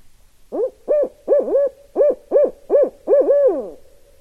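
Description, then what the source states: Barred owl call: a rhythmic series of rising-and-falling hoots, ending in a longer drawn-out hoot, no other sounds. Recorded 16 November 2012.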